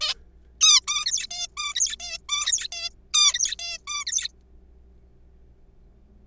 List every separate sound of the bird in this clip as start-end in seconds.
0.01-0.14, 0.61-0.81, 0.87-1.05, 1.06-1.26, 1.31-1.47, 1.57-1.75, 1.75-1.96, 2.00-2.18, 2.29-2.67, 2.72-2.90, 3.14-3.55, 3.59-3.78, 3.88-4.05, 4.07-4.28